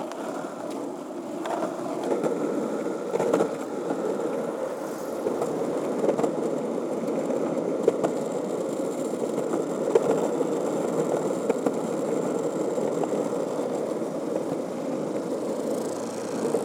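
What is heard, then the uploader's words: Skateboard wheels roll steadily over pavement, a continuous low-mid grinding rumble that holds fairly even for the whole stretch. Small clacks and bumps pop out here and there, sharpest near eight and ten seconds, as the board hits cracks or seams. So, I grabbed my board and started skating. The sound of the roads and sidewalks get gravelly at times.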